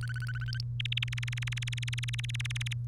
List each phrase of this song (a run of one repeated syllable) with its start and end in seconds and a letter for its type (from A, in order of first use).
0.01-0.60 A, 0.80-2.73 B